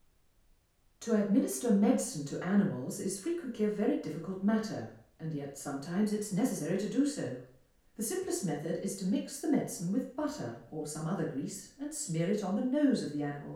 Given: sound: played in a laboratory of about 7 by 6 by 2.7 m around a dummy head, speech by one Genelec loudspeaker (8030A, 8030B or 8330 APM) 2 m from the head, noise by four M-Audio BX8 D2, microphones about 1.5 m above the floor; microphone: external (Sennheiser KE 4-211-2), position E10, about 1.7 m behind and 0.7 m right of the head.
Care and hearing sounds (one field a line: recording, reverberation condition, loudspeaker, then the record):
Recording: female speech in English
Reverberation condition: medium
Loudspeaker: 120 degrees to the left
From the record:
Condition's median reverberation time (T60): about 510 ms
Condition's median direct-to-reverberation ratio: about -0.5 dB